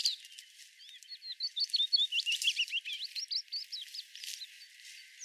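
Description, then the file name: Sardinian warbler song: a continuous run of quick, varied whistled and slurred notes, warbling up and down, with some scratchy clicks. "Fauvette melanocephale"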